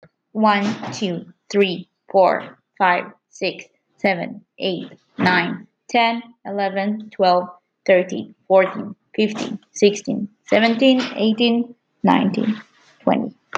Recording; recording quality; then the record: counting at a normal pace; excellent, no background noise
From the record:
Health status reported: healthy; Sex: female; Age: 18 years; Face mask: not worn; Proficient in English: no